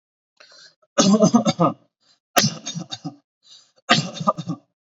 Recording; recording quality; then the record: shallow voluntary cough; excellent, no background noise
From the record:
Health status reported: COVID-19 positive, mild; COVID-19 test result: positive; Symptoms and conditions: cough, cold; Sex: male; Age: 26 years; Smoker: not ticked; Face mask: not worn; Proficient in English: yes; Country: India